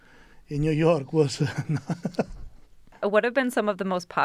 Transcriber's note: laughter